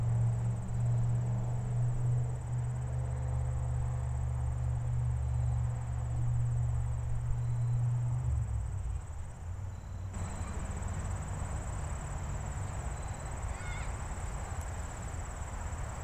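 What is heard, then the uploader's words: Outdoors on a farm, a deep engine-like rumble with a steady low hum fills the first eight seconds, then fades away. What remains is a quieter, even wash of background noise, with a persistent thin high whine running throughout and a faint chirp near the end. Sounds of Land's Sake Farm in Weston, MA. On a busy Saturday.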